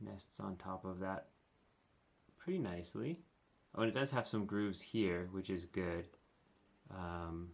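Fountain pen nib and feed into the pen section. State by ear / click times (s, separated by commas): not seated / none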